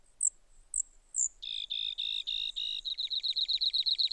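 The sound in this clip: Brewer's sparrow giving three thin high notes, then five slow buzzy notes and a quick rapid trill.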